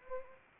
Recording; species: mosquito wingbeat signal from an infrared sensor; Anopheles arabiensis